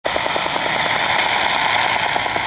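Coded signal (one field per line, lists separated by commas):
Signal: radar signal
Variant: Russian Woodpecker (Duga)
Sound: rapid rhythmic tapping, about ten knocks per second, buried in hissy radio noise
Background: radio static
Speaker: if you hear these little Thum a thump a thump that you just heard at the beginning of the video well this is the Russian woodpecker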